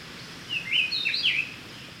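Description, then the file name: Speckle-breasted Wren delivering one quick whistled phrase of looping, up-and-down slurred notes lasting about a second, against constant low background noise. "Pheugopedius sclateri - Speckle-breasted Wren"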